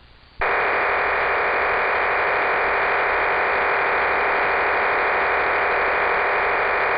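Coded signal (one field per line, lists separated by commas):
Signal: numbers station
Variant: HM01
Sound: brief quiet, then a steady, wide, hissing digital data rush without voice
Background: radio static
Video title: 17 01 2023 Numbers HM01 Cuban Spy in Spanish 1815 on 11635 Bejuca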